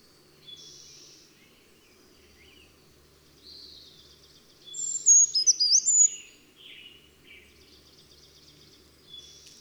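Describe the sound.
Bird song: scattered soft high notes and short trills, then a loud burst of rapid, slurred whistles midway, with quieter twitters afterwards.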